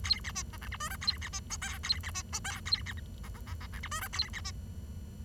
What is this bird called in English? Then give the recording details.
Bengalese Finch. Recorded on 23 June 2012 at 10:23. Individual gr41rd51